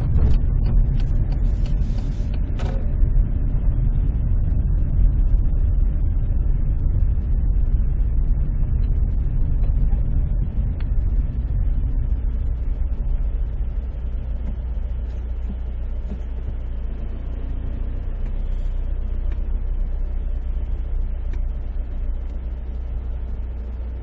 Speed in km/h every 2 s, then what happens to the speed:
14, 16, 16, 4, 12, 10, 6, 2, 0, 3, 2, 2.
0-6 slows to 4. 6-9 speeds up to 12. 9-14 slows to 2. 14-24 standing.